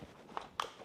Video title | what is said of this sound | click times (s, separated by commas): KHC 18 Deep Dive (Tips, Tricks & Applications) - Festool LIVE 189 | there it goes you hear it click always wait for it to click | 0.6 s